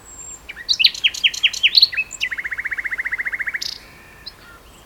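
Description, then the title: Common nightingale song, several sharp whistled notes followed by a long, even series of rapid repeated chips. Two nightingales singing in duet on Westleton Heath. "sanderson-sanderson-hc nightingale-duet-on-westleton-heath"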